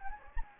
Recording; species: mosquito wingbeat signal from an infrared sensor; Anopheles gambiae